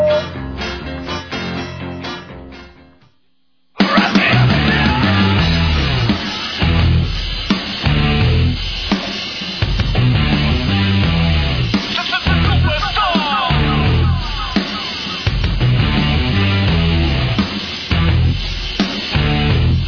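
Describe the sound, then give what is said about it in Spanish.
A loud rock song plays over the radio with a driving, steady beat and dense instruments. It cuts out briefly near the start, then kicks back in at full volume. “Bueno, vamos con algo de música que nos sí, pide sí, acá.”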